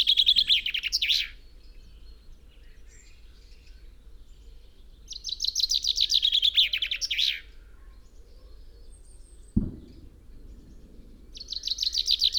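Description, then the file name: Common chaffinch singing repeated song phrases, each a quick run of high chirps, several seconds apart; a single dull thump between songs. "Fringilla coelebs"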